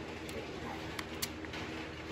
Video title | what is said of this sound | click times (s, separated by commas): Pearce Grip Extension Glock 26 Gen5 install | clicks into place and you have | 1.0 s, 1.2 s